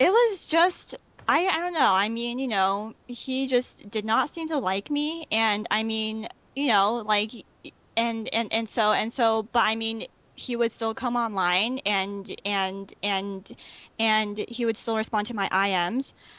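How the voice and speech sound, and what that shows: An adult woman who stutters, and who stuttered in high school and relapsed after the McGuire program, talks in a conversational monologue. Her speech is broken by repeated and stretched 'and' sounds, brief blocks, frequent fillers and pauses before words. These are stuttering disfluencies (sound and word repetitions, prolongations and hesitations) interrupting otherwise clear speech.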